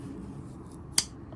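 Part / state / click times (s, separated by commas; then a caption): pocket knife blade snapping against the backspring / seated / 1.0 s. Another blade of a folding pocket knife is worked and snaps into place against the backspring with a single sharp, bright click at 1.0 s, after a quiet low hum. The blade seats.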